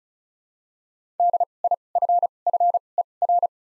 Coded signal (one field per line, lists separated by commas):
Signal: Morse code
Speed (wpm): 36 wpm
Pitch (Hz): 700 Hz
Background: none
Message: D I F F E R